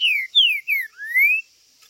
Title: Seu TRINCA Piando, Cantando E Macheando Na DISPUTA. TRINCA FERRO Cantando e MACHEANDO!!